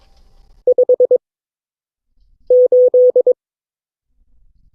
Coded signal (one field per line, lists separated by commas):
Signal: Morse code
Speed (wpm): 22 wpm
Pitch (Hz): 500 Hz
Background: none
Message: 58